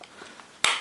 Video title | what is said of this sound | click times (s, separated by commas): KR Sabers Vindican Custom Star Wars The Old Republic Staff Lightsaber Nano BIscotte v2.0 | like that. You'll hear like a little click, and then just | 0.6 s